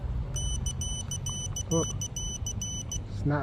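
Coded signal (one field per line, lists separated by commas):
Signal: none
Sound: drone controller status beeps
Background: speech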